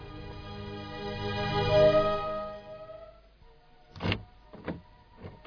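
A person gets out of a car that is left running: a steady electric motor whine runs for a few seconds, then stops, followed by three sharp clunks and shuffles of a door and footsteps.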